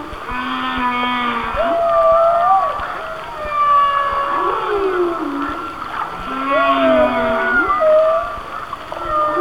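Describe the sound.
Whale song: low moans followed by rising, bending whistled tones, the phrase repeating over steady background hiss.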